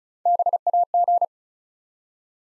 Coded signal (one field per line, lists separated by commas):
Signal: Morse code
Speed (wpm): 36 wpm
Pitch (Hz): 700 Hz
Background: none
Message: BAG